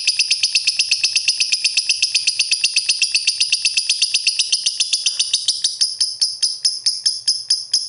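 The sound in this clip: Bird giving a fast series of sharp, high chirps, evenly repeated around four each second, growing a little sparser and clipped in the final seconds.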